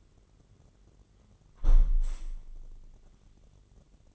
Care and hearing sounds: daily activity, microphone in the room; close window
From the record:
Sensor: 4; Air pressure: 999.3 hPa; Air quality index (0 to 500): 115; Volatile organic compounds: 2 ppm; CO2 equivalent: 1135 ppm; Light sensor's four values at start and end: 14/35/14/16 and 14/35/14/16

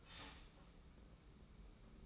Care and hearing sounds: daily activity, microphone in the room; start toaster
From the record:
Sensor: 1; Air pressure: 991.7 hPa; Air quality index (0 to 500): 171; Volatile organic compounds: 1000 ppm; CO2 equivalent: 6428 ppm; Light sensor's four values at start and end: 33/110/42/44 and 33/110/42/44

